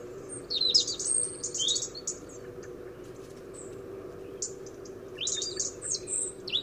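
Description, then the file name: European robin giving bursts of thin, very high chirps and ticks in two clusters, separated by a quiet gap, over a low steady background hum. "Erithacus rubecula"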